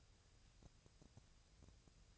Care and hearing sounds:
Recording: daily activity, microphone in the room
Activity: take from stove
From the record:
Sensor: 2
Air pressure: 999.2 hPa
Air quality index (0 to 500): 195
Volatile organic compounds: 26 ppm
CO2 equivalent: 2875 ppm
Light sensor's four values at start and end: 6/15/6/6 and 6/15/6/6

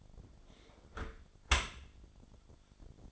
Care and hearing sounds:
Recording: daily activity, microphone in the room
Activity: close dishwasher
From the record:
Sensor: 5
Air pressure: 1007.0 hPa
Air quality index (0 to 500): 180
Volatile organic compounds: 5 ppm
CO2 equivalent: 1723 ppm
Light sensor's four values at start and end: 52/144/57/56 and 51/143/56/56

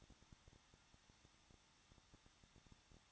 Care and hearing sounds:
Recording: daily activity, microphone in the room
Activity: no activity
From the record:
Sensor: 3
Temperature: 21.2 degrees Celsius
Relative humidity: 36.4%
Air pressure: 1006.3 hPa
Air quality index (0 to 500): 223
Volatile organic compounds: 42 ppm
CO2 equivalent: 3184 ppm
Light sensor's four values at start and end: 2/3/2/2 and 2/3/2/2

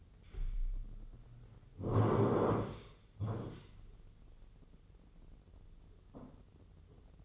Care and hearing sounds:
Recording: daily activity, microphone in the room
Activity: sit down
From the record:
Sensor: 4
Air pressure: 996.7 hPa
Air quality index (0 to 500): 242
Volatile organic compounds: 354 ppm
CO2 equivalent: 4590 ppm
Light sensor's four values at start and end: 47/115/47/47 and 47/115/47/47

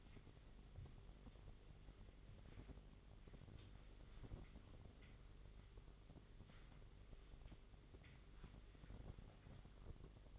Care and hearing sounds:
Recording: daily activity, microphone in the room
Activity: wipe stove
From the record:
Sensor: 4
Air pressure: 1004.0 hPa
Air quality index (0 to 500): 156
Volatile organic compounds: 2 ppm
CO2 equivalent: 1114 ppm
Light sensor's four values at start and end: 13/30/12/13 and 13/29/12/13

